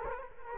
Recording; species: mosquito wingbeat signal from an infrared sensor; Culex quinquefasciatus